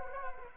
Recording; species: mosquito wingbeat signal from an infrared sensor; Anopheles arabiensis